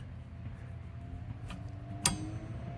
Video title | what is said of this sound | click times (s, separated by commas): DIY Wiper blade replacement for a 2014 Honda Accord | and you hear that click, and it's all set to go all right | 2.1 s